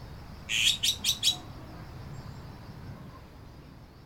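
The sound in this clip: Bird call, a quick burst of four high, sharp chips lasting under a second, followed by quiet background hiss.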